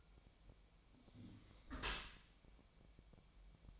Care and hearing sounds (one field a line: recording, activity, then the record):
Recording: daily activity, microphone in the room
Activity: close dishwasher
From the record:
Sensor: 1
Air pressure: 1006.7 hPa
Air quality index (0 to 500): 209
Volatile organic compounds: 24 ppm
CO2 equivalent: 2815 ppm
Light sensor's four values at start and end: 13/33/13/14 and 13/33/13/14